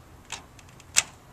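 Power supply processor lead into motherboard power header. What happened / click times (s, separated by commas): The power connector latched into its header / 1.0 s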